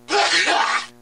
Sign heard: Sneezing.